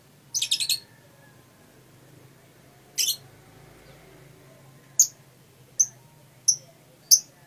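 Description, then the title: Lovebird calls: a buzzy shrill burst, another after two seconds, then four brief sharp high squeaks spaced under a second apart, over faint low hum. Masteran: a training song played to caged birds. "MASTERAN BURUNG. lovebird"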